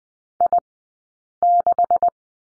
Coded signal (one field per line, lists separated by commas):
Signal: Morse code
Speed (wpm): 20 wpm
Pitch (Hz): 700 Hz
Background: none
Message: I6